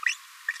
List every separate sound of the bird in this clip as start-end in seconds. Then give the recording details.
0.06-0.14, 0.48-0.51. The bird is a female. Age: 26 days. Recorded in a nest box in Venezuela. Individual 17B42A2